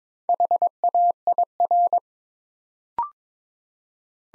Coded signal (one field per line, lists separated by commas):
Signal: Morse code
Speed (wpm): 22 wpm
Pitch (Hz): 700 Hz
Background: none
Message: HAIR